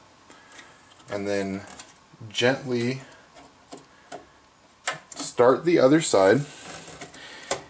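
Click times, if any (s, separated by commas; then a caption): 7.5 s. A RAM memory module is lowered into a motherboard DIMM memory slot and pressed firmly on both ends while someone talks, with a few small ticks and taps in between. The slot latch clicks at 7.5 s, and the module is seated.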